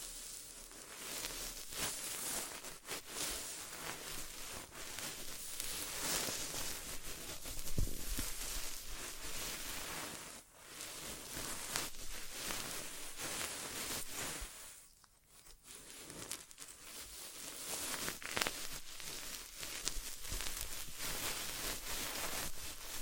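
An ASMR ear exam without talking: a dense, steady crackling and rustling fills the ear, bright and textured like fine scratching. The sound dips briefly near 10 seconds and drops almost to silence around 15 seconds before resuming.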